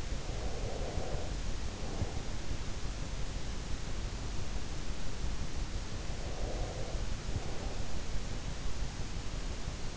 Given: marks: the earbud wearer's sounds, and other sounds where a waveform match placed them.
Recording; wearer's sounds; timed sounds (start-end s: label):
sounds in sleep by an in-ear microphone; breath
0.00-2.52 s: breath
6.14-8.15 s: breath